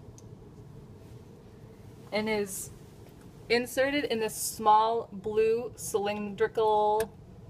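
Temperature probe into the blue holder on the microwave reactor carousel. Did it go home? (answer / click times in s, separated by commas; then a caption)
no / none. A temperature probe for a microwave reactor is handled at a small blue cylindrical holder on the reactor's carousel while someone talks throughout. Nothing has seated or clicked yet; the clip ends before the probe goes home.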